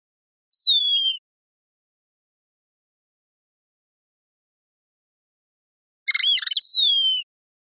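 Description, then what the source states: Bird calling with a high downslurred whistle, then after silence a buzzy chatter that ends in another falling whistle. Costa Rica.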